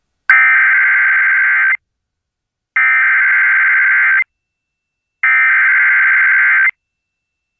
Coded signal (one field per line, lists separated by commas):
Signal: Emergency Alert System (SAME) tones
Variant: header bursts